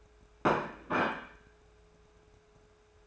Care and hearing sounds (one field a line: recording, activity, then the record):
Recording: daily activity, microphone in the room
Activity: place plate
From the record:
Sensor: 2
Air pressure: 1014.9 hPa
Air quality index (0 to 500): 203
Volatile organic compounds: 20 ppm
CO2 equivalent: 2676 ppm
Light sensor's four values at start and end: 20/48/21/23 and 17/40/17/19